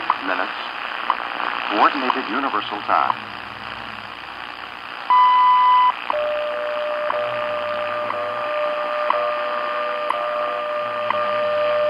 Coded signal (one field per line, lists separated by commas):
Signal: radio time signal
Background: speech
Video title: WWV Universal Time